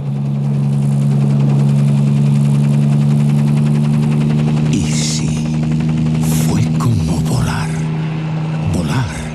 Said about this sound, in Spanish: ¡Arriba! Hizo un gesto y la grúa de rescate del helicóptero comenzó a recoger el cable y a nosotros con él.